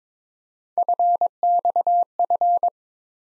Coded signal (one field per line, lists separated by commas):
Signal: Morse code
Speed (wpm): 22 wpm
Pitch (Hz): 700 Hz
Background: none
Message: FXF